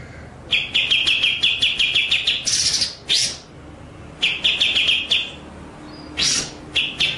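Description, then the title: White-rumped shama singing rapid runs of clipped, stuttering notes, broken by loud harsh high bursts and brief silences, over a faint steady low hum. Masteran (training) track of full song in the ngerol (rolling) and nembak (shooting) styles. "Masteran Murai Batu Full Ngerol Nembak"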